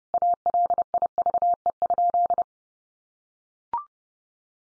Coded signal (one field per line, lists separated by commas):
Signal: Morse code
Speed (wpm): 30 wpm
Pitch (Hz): 700 Hz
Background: none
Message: ALIVE?